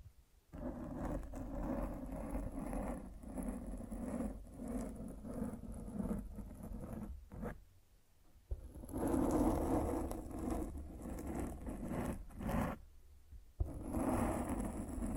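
Mic scratching: dense, uneven rubbing and rumbling with sharp brief bursts, pausing abruptly near 7.5, 12.7 and 13.5 seconds before resuming.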